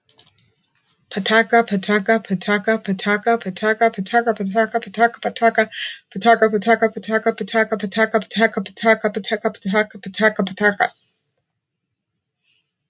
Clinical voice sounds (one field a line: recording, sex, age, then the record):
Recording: repeated syllables /pa ta ka/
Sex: female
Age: 40 to 49 years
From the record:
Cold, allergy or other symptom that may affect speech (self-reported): no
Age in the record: 42 years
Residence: Illinois, United States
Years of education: 14